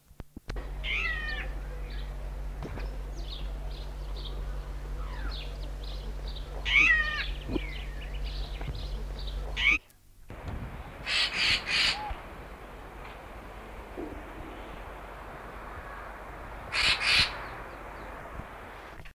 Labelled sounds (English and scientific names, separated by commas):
Racket-tailed Treepie (Crypsirina temia) call